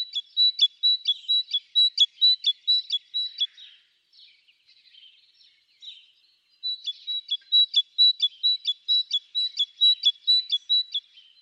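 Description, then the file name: Great tit singing a ringing, see-sawing two-note phrase repeated briskly in two long bouts, with a short quiet gap of soft chatter between them. "Parus major"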